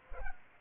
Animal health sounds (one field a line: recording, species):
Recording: mosquito wingbeat signal from an infrared sensor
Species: Culex pipiens